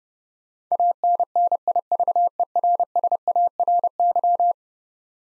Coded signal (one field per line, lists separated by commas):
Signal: Morse code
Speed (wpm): 30 wpm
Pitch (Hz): 700 Hz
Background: none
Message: ANNIVERSARY